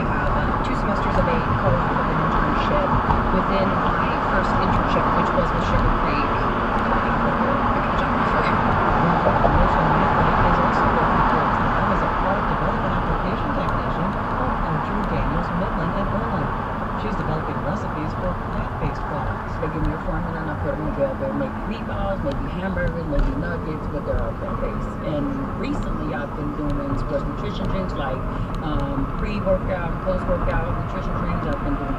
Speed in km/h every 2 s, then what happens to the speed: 55, 53, 56, 58, 55, 53, 53, 48, 42, 32, 24, 24, 32, 39, 45, 47.
0-13 steady at about 55. 13-20 brakes to 24. 22-28 speeds up to 45.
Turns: 18-21.